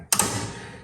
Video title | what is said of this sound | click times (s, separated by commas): 1968 Camaro Drum Brake (Front Left) | leverage, snaps right into place, and we're done. | 0.1 s